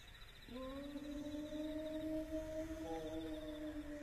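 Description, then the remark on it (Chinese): A human voice imitates a wolf howl: a single long, sustained tonal cry that starts abruptly and holds steady, drifting slightly upward in pitch, over a constant low background hiss. “要有狼就好喽，这是人学的狼叫。”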